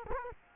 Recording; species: mosquito wingbeat signal from an infrared sensor; Culex quinquefasciatus